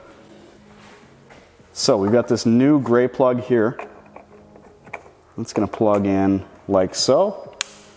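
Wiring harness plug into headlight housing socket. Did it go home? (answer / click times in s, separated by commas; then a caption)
yes / 7.6 s. Someone talks while pushing a new gray plastic wiring harness plug into the connector socket of an OEM LED headlight housing on a 2014–2018 Toyota Tundra. A sharp click at 7.6 s marks the plug latching in with a positive engagement, and the connector is seated.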